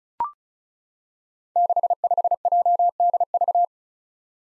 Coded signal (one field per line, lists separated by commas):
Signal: Morse code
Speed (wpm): 36 wpm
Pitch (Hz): 700 Hz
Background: none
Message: 65JDV